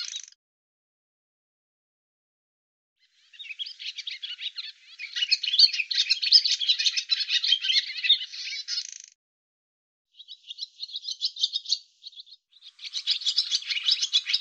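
Barn swallow giving long bouts of rapid, scratchy twitter, high and busy, broken by pauses of half a second to a few seconds; otherwise silent.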